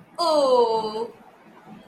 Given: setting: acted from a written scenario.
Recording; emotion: vocal sound without words; confusion